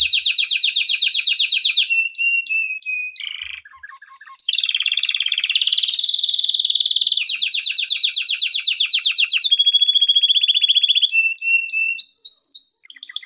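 Canary song: unbroken stream of rapid trills, each phrase a quick repetition of one note, alternating between higher and lower tours with short slurred transitions.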